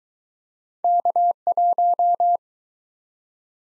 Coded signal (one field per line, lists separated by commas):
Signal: Morse code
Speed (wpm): 24 wpm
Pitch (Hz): 700 Hz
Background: none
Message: K1